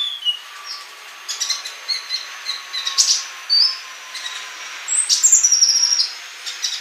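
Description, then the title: Bird song: busy run of varied high chirps, trills and short whistles, with a rapid stuttering burst near the end over a continuous hiss. "Kicau Burung"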